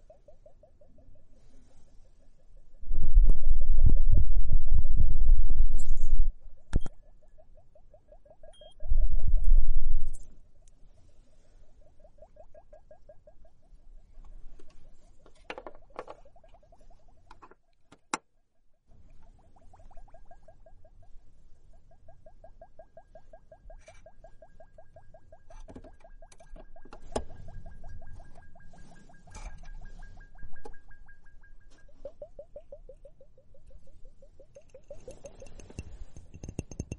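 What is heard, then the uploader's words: A foamy hourglass crackles with soft fizzing and tiny pops, broken by two loud, low rumbling bursts near five and ten seconds. Foamy hourglass, comfortable bubble spa massage ears.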